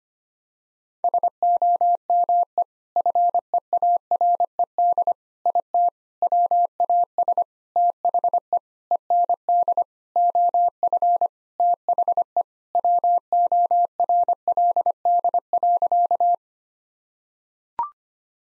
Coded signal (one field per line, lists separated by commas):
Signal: Morse code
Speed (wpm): 25 wpm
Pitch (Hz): 700 Hz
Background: none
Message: SOME FEARED IT WAS THE END OF THE WORLD.